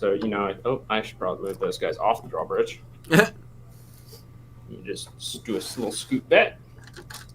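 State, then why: Seated. A plastic latch on a brick-built castle gate catches the drawbridge as it is pulled up, locking it into place automatically. Someone talks, then a few small plastic clicks follow, with the latch clicking into place at 7.1 seconds.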